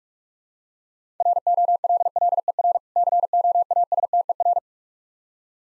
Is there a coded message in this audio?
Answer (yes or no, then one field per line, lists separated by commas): yes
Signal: Morse code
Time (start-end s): 1.2-4.6 s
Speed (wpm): 44 wpm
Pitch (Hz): 700 Hz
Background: none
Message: ROLLER COASTER